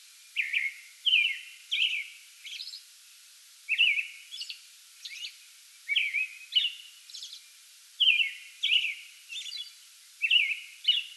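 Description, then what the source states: American robin delivering paired or tripled caroled whistled phrases separated by short pauses, with faint high-pitched notes in between. Pre-dawn song bout recorded on 8 May 2022.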